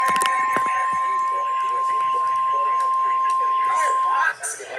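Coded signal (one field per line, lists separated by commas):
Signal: Emergency Alert System (SAME) tones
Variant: 1050 Hz attention tone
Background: speech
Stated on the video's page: Real Flash Flood Warning of the particularly dangerous situation type.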